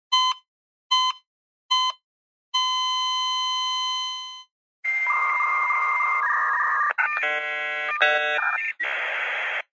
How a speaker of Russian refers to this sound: В звуки затихающего кардиомонитора ворвалась трескотня бешеного диалап-модема.